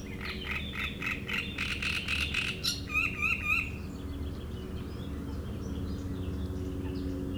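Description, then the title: Great reed warbler song, a burst of grating repeated notes lasting nearly three seconds, followed by clear slurred whistles from another bird. Shrill song in a reed bed at Chatillon beach, Chindrieux, France; a migrant from Africa that can sing day and night. "Roselière plage Chatillon, Chindrieux, France - Rousserole turdoïde"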